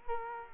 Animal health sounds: mosquito wingbeat signal from an infrared sensor; Culex quinquefasciatus

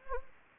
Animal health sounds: mosquito wingbeat signal from an infrared sensor; Anopheles gambiae

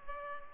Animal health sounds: mosquito wingbeat signal from an infrared sensor; Culex pipiens

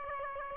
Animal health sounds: mosquito wingbeat signal from an infrared sensor; Aedes aegypti

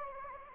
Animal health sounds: mosquito wingbeat signal from an infrared sensor; Anopheles gambiae

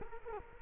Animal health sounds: mosquito wingbeat signal from an infrared sensor; Culex quinquefasciatus

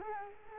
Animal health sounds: mosquito wingbeat signal from an infrared sensor; Culex quinquefasciatus

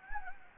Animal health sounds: mosquito wingbeat signal from an infrared sensor; Anopheles gambiae

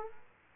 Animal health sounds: mosquito wingbeat signal from an infrared sensor; Aedes aegypti

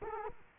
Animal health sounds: mosquito wingbeat signal from an infrared sensor; Culex quinquefasciatus

